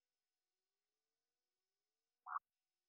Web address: Agalychnis moreletii